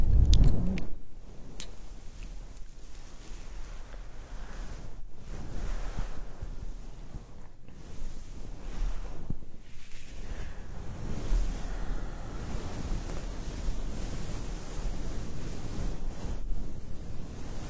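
An ear massage: a loud bump at the start, then steady, dense rubbing and rushing that sounds much like wind or surf, heaviest in the low end. The friction drops out in brief pauses near 5, 7.5, 9.5 and 16.5 seconds.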